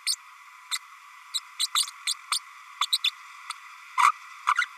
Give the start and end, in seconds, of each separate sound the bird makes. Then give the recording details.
0.06-0.16, 0.71-0.78, 1.34-1.40, 1.59-1.67, 1.74-1.86, 2.06-2.14, 2.31-2.39, 2.81-2.86, 2.92-2.98, 3.03-3.10, 3.50-3.52, 3.97-4.11, 4.55-4.65. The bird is a female. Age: 32 days. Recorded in a nest box in Venezuela. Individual 17B32A7